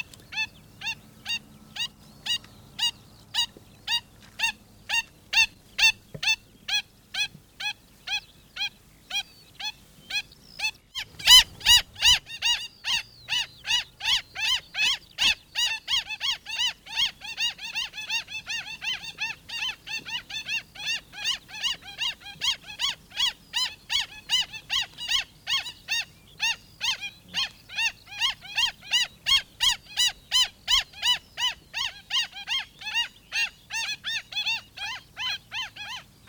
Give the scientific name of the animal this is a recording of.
Himantopus novaezelandiae